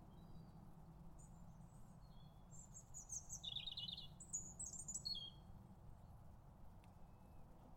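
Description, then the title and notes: European Robin song: thin, high, varied warbled phrases with pauses between them, over a steady low rumble of background noise. Robin singing beside a bridge on a Somerset canal on a lazy September afternoon. "Sound Escape 84: a mellow moment beside a sleepy Somerset canal. It's a lazy September afternoon on a Somerset canal. You've found an enchanted place to rest beside a bridge – where a robin's wistful song sweetens the stillness"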